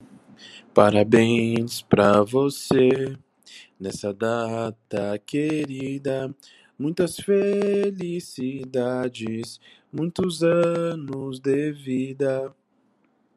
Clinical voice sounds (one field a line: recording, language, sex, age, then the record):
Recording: short text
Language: Brazilian Portuguese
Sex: male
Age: 20 to 29 years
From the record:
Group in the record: control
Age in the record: 23 years